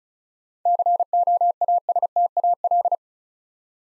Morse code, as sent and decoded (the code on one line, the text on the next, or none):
-.-. --- .- ... - .- .-..
COASTAL